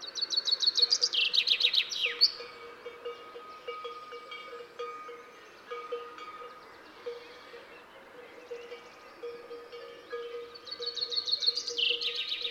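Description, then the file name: Common chaffinch singing twice, each song a rapid string of descending notes, the first ending in a flourish, with quieter sounds in between. "Fringilla coelebs"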